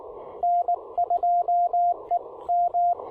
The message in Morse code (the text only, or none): N2E M